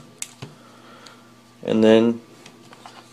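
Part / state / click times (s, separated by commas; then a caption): takedown latch on a compact pistol frame / released / 0.2 s. The small takedown tabs on both sides of a Beretta PX4 Compact's polymer pistol frame are pulled up until the takedown latch clicks open with a sharp click at 0.2 s, followed by fainter ticks around 0.4 s and 1.1 s. Someone talks briefly between about 1.6 and 2.2 s, and a few light ticks follow near 2.5, 2.7 and 2.9 s. The latch is released, freeing the slide so it can be slid off.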